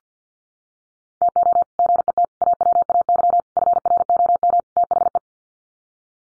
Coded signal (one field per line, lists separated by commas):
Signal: Morse code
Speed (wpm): 50 wpm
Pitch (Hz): 700 Hz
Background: none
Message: TO GET AWAY FROM THE